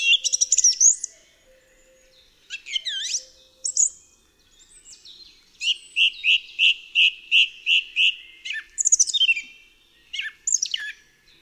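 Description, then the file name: Song thrush song: a fluty opening, then one clear note repeated several times in a steady run, followed by sharper twittering phrases. "DROZD SPIEWAK"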